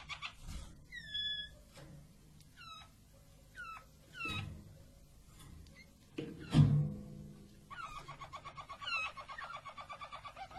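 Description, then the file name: Harz Roller canary giving separate sliding whistled notes with pauses, one dull thump, then a fast rolling trill that carries to the end. Harz Roller canary, described as a Belgian canary; its song. "canto do canario belga harz roller"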